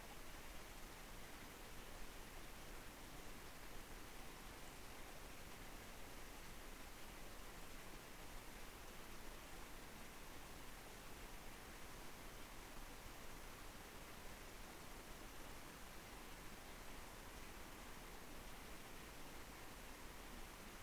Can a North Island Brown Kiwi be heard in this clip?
no